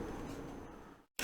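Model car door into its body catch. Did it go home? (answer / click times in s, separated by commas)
no / none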